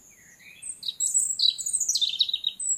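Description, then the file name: European robin song: thin rising whistles, then a quick jumble of high, sliding, sparkling notes. "Erithacus rubecula"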